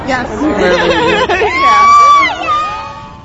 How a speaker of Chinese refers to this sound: 2006年的灯饰在绚烂的烟火中亮起，迎接新一年的到来。现场充满喜庆气氛，有人欢呼喝彩，有人拥吻庆祝，也有人当众求婚。